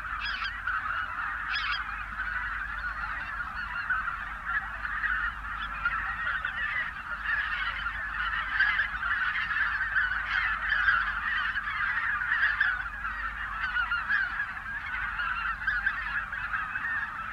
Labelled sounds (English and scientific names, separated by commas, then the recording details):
Greater White-fronted Goose (Anser albifrons) call
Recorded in the wild
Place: Zingst, Insel Kirr, Mecklenburg-Vorpommern, DE
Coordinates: 54.421, 12.709
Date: 1978-10-17
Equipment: Nagra III BH, Sennheiser MD 21
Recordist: Schubert, Michael
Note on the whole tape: Bläßgänse in ~150m, sehr schön störungsfrei und ohne Windgeräusch